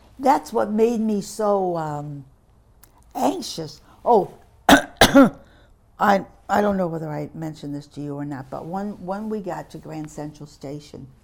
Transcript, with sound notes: That's what made me so ah, anxious. Oh! (clears throat) I don't know whether I mentioned this to you or not, but when we got to Grand Central Station,